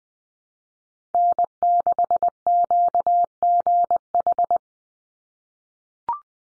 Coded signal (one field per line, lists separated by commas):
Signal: Morse code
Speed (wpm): 20 wpm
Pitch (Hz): 700 Hz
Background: none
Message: N6QGH